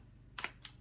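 A spring-loaded catch on a Crosman ST-1 full-auto BB rifle is worked to release the front barrel section from the receiver. A sharp click at 0.4 s is followed by further clicks at about 0.4 s and 0.7 s over a low background hum. The front barrel section comes free of the receiver.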